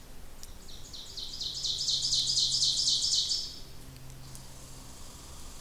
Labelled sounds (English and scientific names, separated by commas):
Ovenbird (Seiurus aurocapilla) song